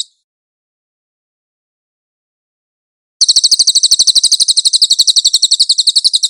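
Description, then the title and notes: Cililin song: after three seconds of silence, a quick, high, buzzy trill of evenly spaced notes begins and continues to the end. "MASTER SANGAT BAGUS SUARA BURUNG CILILIN, AUDIO JERNIH. CICILIN"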